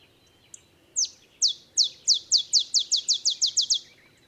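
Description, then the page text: Olive sparrow singing a series of high, downward-sweeping chip notes that quicken steadily, like a bouncing ball, over about three seconds. Male olive sparrow; simple songs likened to a field sparrow's bouncing ball song; early morning in Texas, 50 miles north of the Mexican border. "Olive sparrow. Recording early morning just 50 miles north of the Mexican border in Texas"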